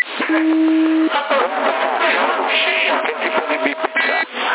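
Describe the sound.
A CB radio roger beep on a channel in Sassari, Italy, in May 2020: a steady, low two-tone beep lasting under a second, followed by narrow, tinny radio voices talking over a crackly channel.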